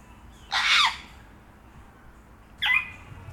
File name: Grey Parrot